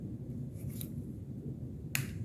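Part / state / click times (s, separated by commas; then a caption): pistol magazine into polymer grip module / seated / 2.0 s. A partly seated pistol magazine is pushed further into a Polymer80 P250/P320 polymer grip module for SIG on a second push. A faint tick at about 0.8 s is followed by a sharp, bright click at 2.0 s as the magazine locks home and is fully seated.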